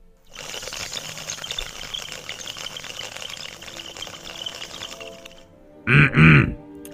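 A bamboo tobacco water pipe (thuốc lào) is drawn on at a veranda, bubbling in a long, rapid, rattling gurgle for about five seconds, then stops; two short, loud, harsh bursts follow as the smoker exhales smoke, like a grunting exhale or cough. No talking.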